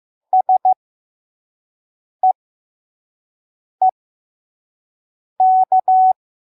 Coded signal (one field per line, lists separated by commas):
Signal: Morse code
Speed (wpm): 15 wpm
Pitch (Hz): 750 Hz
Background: none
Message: SEEK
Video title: MORSE CODE SCRIPTURE: 1 Chronicles 16:11 @ 5wpm